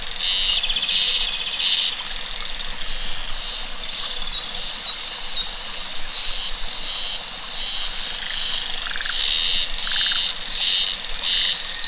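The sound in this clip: Cicada: shrill buzzing pulses switching on and off about once a second, with short chirping notes mixed in and a softer pulsed trill below.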